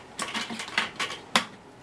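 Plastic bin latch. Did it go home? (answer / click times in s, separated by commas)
yes / 1.4 s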